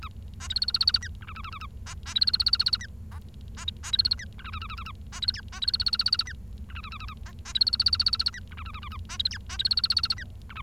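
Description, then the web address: Bengalese finch singing in repeated bouts, each mixing raspy harmonic syllables with a quick series of high, pure chips, the phrase pattern recurring roughly every two seconds. "nccratliri vad-multi-species. bengalese finch"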